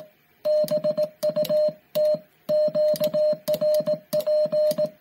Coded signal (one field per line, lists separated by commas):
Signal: Morse code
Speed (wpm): 18 wpm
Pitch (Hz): 610 Hz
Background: music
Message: BUT QRP